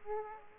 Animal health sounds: mosquito wingbeat signal from an infrared sensor; Aedes aegypti

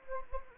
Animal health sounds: mosquito wingbeat signal from an infrared sensor; Anopheles gambiae

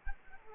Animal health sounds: mosquito wingbeat signal from an infrared sensor; Culex quinquefasciatus

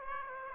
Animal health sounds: mosquito wingbeat signal from an infrared sensor; Aedes aegypti

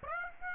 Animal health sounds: mosquito wingbeat signal from an infrared sensor; Aedes aegypti

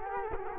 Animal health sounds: mosquito wingbeat signal from an infrared sensor; Culex quinquefasciatus

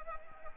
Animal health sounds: mosquito wingbeat signal from an infrared sensor; Anopheles arabiensis

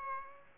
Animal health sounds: mosquito wingbeat signal from an infrared sensor; Aedes aegypti

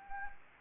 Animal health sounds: mosquito wingbeat signal from an infrared sensor; Anopheles gambiae

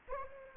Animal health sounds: mosquito wingbeat signal from an infrared sensor; Anopheles arabiensis

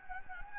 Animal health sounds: mosquito wingbeat signal from an infrared sensor; Anopheles gambiae

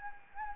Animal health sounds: mosquito wingbeat signal from an infrared sensor; Anopheles gambiae

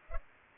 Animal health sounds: mosquito wingbeat signal from an infrared sensor; Culex pipiens

